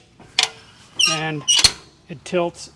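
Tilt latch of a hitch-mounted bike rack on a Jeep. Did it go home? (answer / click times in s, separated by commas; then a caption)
yes / 0.4 s. A tilt latch on a 1UP USA heavy duty steel bike rack, mounted in the hitch of a Jeep Wrangler, is released from underneath so the rack tilts. The latch locks into the tilted position with a sharp metallic click at 0.4 s. Someone talks afterward.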